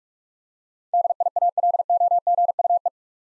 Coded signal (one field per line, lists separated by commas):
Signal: Morse code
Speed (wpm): 44 wpm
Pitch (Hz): 700 Hz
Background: none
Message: DIALOGUE